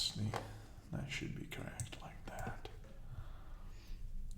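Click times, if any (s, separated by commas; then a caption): none. A plastic LEGO right-wing element is handled and lined up to be pressed onto an advent calendar minifigure build, with soft rustles and brief faint taps under quiet speech as someone talks. Nothing has seated or clicked yet; the part is not home by the end of the clip.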